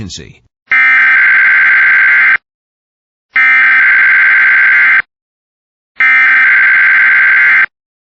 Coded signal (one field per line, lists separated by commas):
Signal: Emergency Alert System (SAME) tones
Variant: header bursts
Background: speech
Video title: EAS Catches #4-5: (EAS) Required Weekly Tests from yesterday and today